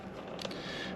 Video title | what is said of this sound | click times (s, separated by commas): 2023 Harley LowRider ST Saddlemen Pro Series SDC Performance Gripper Seat install | Now that's it. Now nobody can walk up and just take your seat off. That's it, it's locked. | 0.4 s